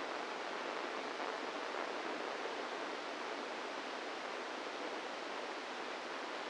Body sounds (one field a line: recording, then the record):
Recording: brain microelectrode recording played as sound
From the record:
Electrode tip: inside the subthalamic nucleus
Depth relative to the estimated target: 0 mm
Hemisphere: right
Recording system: NeuroSet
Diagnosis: Parkinson's disease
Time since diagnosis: 10 years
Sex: female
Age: 45 years